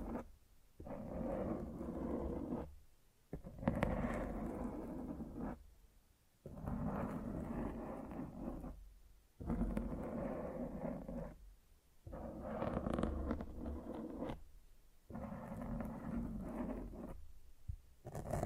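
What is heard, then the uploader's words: Mic scratching comes in long, dense rumbling bursts of a few seconds each, separated by brief silent gaps, loud and low-heavy throughout. Mic Scratching.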